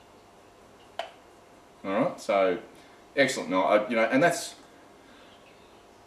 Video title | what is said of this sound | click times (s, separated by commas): Knives on a budget | but it's a really good shape what positive clicking there all | 1.0 s